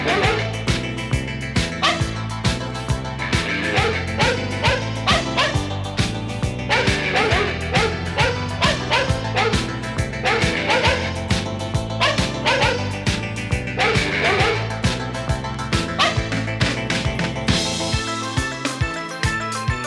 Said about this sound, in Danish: Det er for længst stoppet med at være en joke for mig, det her med at musik med hundelyde bare er sjovt. Det er jo også sindssygt fedt, altså.